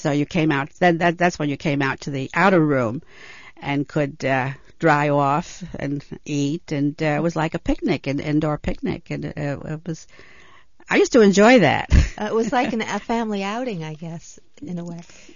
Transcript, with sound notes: So you came out, that's when you came out to the outer room and could dry off and eat, and it was like a picnic, an indoor picnic, and it was, I used to enjoy that. (She laughs)
It was like a family outing, I guess, in a way.